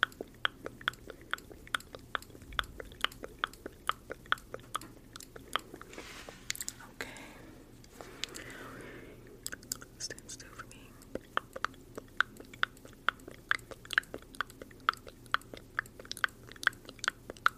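Wet mouth sounds, sharp little clicks and smacks arriving in quick, fairly regular bursts throughout, like chewing or biting. Around six to ten seconds the clicks thin out and a soft breathy hiss fills in before the rapid smacking returns. A low steady hum sits underneath.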